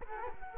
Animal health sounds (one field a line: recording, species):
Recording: mosquito wingbeat signal from an infrared sensor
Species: Culex quinquefasciatus